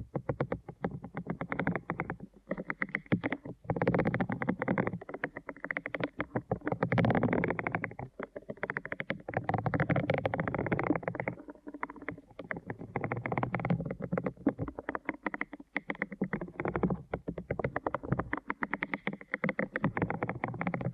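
Deep ear canal massage with continuous rubbing and crackling, dense and textured, with fine scratchy detail over a muffled low thump. Movements swell and ease in uneven waves, with brief pauses near 2, 11 and 15 seconds.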